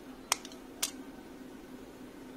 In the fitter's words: di dalam sini lalu tinggal ditutup saja seperti ini dan otomatis sudah mengunci